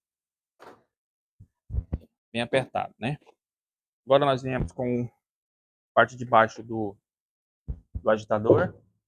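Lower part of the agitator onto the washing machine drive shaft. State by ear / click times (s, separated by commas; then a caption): not seated / none. Someone talks while the lower plastic part of the agitator of an Electrolux LED17 washing machine is handled for fitting onto the drive shaft, with a few faint short knocks around 0.6, 1.8–1.9 and 7.7 seconds. Nothing has seated or clicked into place yet by the end of the clip.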